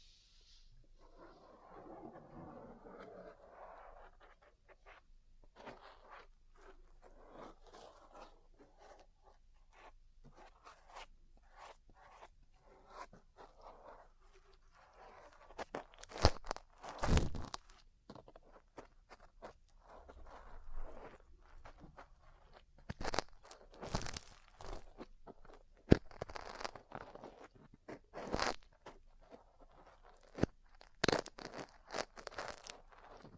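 Ear cleaning and tapping: soft rubbing early on, then sharp crunchy scrapes and taps from sixteen seconds, irregular and louder, some in quick clusters.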